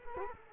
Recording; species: mosquito wingbeat signal from an infrared sensor; Culex quinquefasciatus